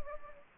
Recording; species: mosquito wingbeat signal from an infrared sensor; Anopheles gambiae